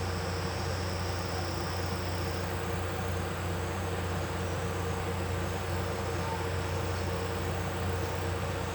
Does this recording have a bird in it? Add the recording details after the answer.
no. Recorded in pastures near Puerto Asís, Putumayo, Colombia, on 12 March 2025 at 11:30. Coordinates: 0.466, -76.322. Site CSA-02